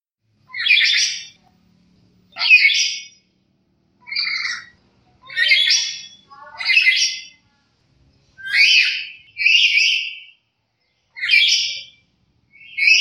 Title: Nuri kepala hitam